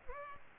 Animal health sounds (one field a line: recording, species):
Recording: mosquito wingbeat signal from an infrared sensor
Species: Culex pipiens